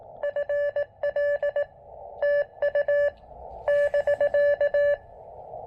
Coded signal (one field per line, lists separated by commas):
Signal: Morse code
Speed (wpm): 20 wpm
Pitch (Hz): 580 Hz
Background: none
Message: FL TU <BK>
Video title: POTA with one-tenth of a watt? Can it be done? Let's make an attempt!